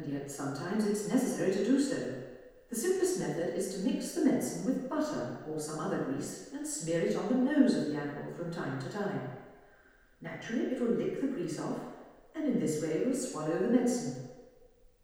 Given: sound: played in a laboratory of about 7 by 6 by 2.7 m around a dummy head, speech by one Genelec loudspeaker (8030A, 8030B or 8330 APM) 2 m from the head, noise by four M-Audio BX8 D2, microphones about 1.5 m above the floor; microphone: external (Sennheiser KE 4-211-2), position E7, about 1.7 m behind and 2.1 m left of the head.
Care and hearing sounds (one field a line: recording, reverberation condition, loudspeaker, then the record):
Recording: female speech in English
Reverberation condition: high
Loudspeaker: 90 degrees to the right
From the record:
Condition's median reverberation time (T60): about 1300 ms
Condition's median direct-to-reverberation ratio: about -4.0 dB